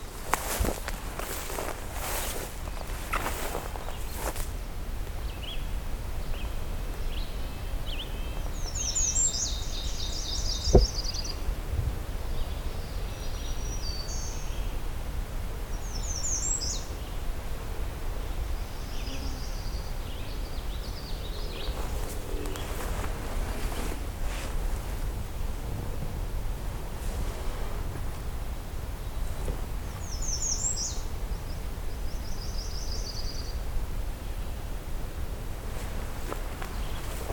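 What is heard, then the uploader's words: Outdoors at Henhoeffer Park East, a low steady rumble underlies short high bird calls near 9, 16 and 30 seconds, plus occasional scuffing bursts. Henhoeffer Park East. I return to Henhoeffer Park, except this time taking the east trail, about 1km away from the previous recording location. Songbirding was recorded, engineered, narrated and created by Rob Porter.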